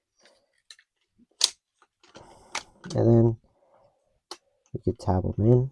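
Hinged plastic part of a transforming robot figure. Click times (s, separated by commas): 1.4 s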